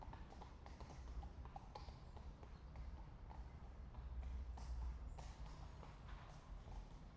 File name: Het stapvoets voorbijlopen van twee paarden op kasseien - Sound Cloud - Beeld en Geluid